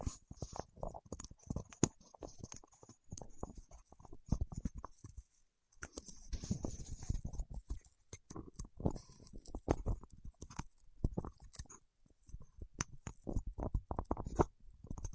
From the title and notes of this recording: ASMR with Wax Fingertips for Sleep (No Talking).